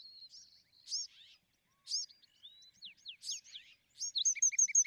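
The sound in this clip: Bewick's wren song: a varied phrase of high whistled slurs and sweeping notes, ending in a quick run of repeated notes.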